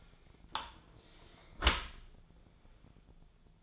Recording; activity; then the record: daily activity, microphone in the room; close dishwasher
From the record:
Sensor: 5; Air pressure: 1000.6 hPa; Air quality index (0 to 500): 158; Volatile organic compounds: 2 ppm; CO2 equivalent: 1214 ppm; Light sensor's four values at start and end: 47/106/46/49 and 46/106/45/49